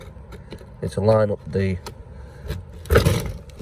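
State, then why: Partly seated. Someone talks while a plastic push-in scissor clip holding an LED bumper reflector light is lined up and pushed into the rear bumper of a C1/Aygo/107 car. A sharp click comes at 3.0 s, but the clip has not gone all the way through and is not fully home.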